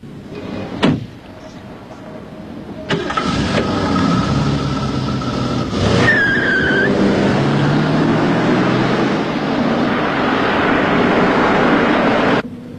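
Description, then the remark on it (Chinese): A Jaguar car's door slams shut, then its engine starts and runs at a steady roar while the car pulls away, with a brief rising whine partway through, continuing until it cuts off at the end. “先生，我一直想开开这种车，行吗？”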